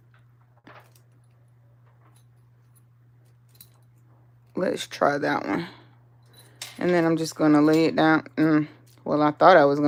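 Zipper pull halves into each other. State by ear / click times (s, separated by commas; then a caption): not seated / none. The two halves of a zipper pull are repositioned to line them up because they are not even, and are held off from being pressed into each other. Faint metal jangling and small taps are heard during the adjustment, followed by someone talking. Nothing has clicked together yet.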